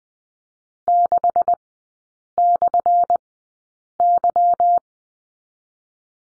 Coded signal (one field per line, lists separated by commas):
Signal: Morse code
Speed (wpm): 20 wpm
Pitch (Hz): 700 Hz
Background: none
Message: 6/Y